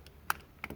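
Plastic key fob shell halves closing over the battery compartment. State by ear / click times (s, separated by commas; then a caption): seated / 0.3 s, 0.6 s. After a replacement battery is fitted, the two plastic halves of a Toyota Prius key fob shell are pressed together over the battery compartment, with the buttons lined up with the buttons on the shell. Two sharp plastic clicks at 0.3 s and 0.6 s, with faint ticks around them, show the case snapping shut and seating.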